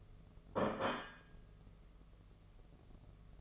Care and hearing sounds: daily activity, microphone in the room; place plate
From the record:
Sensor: 4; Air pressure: 1015.9 hPa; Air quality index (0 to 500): 208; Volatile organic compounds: 13 ppm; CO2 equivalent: 2402 ppm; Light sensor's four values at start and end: 17/39/16/17 and 17/39/16/17

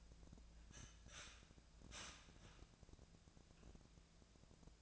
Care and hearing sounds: daily activity, microphone in the room; start toaster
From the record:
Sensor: 2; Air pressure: 1000.0 hPa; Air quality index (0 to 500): 146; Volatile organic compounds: 2 ppm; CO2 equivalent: 1237 ppm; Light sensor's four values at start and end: 27/66/28/31 and 27/66/28/31

